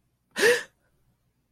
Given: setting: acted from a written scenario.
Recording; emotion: vocal sound without words; negative surprise